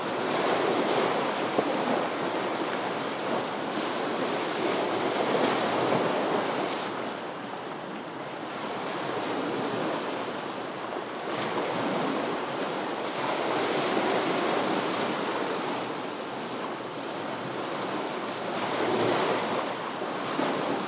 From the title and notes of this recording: Two minutes and fourteen seconds on the Thames. Waves crashing onto the Thames foreshore in Rotherhithe.